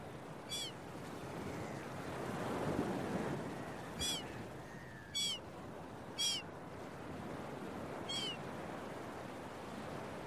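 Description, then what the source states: Gull cries, five separate nasal mewing notes at irregular intervals above a constant low rush of breaking waves. Seagulls at a beach with waves, recorded early in the morning.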